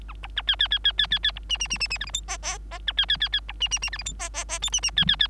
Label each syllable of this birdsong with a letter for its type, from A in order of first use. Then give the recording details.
A B A C C C C C C C B D D D D D E F G H H H A C C C C B D D D E F G H H H I D D C C C. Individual Bird3